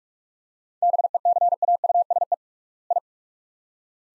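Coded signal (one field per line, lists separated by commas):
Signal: Morse code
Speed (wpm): 46 wpm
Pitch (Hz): 700 Hz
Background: none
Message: BECAUSE I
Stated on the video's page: Morse practice drill at 45 wpm, sets of two words with 3x word spacing, a word-based method analogous to Farnsworth.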